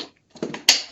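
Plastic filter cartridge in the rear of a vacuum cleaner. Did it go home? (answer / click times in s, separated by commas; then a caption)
released / 0.7 s. The plastic filter cartridge at the rear of a Philips Marathon Ultimate vacuum cleaner is pulled out by hand. A few soft rattles and knocks come first, then a loud, sharp click at 0.7 s as the filter releases and comes free of the vacuum.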